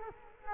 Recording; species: mosquito wingbeat signal from an infrared sensor; Culex quinquefasciatus